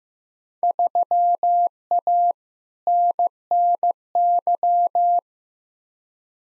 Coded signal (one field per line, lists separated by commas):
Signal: Morse code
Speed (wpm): 15 wpm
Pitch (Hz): 700 Hz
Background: none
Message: 3A NNY